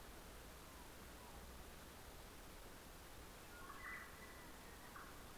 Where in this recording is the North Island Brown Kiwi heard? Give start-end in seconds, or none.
none